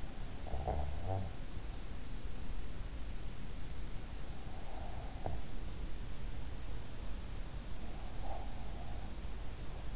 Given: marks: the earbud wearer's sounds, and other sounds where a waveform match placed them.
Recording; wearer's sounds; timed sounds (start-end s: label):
sounds in sleep by an in-ear microphone; snoring breath
0.00-2.24 s: snoring breath